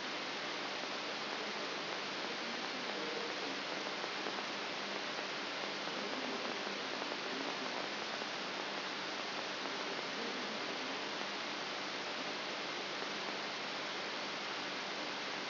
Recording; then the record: brain microelectrode recording played as sound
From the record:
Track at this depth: outside the subthalamic nucleus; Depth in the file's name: 6.501 mm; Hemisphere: left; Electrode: 3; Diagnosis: Parkinson's disease